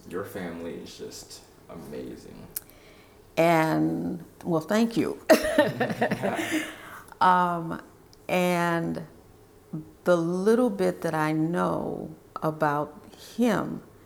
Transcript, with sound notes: Your family is just amazing.
Well, thank you. [LAUGHTER] The little bit that I know about him